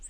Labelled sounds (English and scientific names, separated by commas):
Colima Warbler (Leiothlypis crissalis) flight call